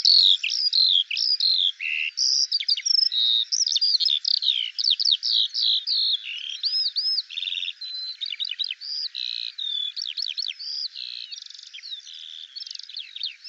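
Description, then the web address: Eurasian skylark song, a continuous rapid stream of high chirps, slurred whistles and quick trills, varied phrases running without pause throughout. "Deverinetal 2025 File cleaned normalized Bird Al Ar"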